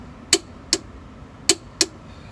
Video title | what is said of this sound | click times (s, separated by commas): Front strut assembly and sway bar link replacement | that's good we hear the click twice | 0.3 s, 1.5 s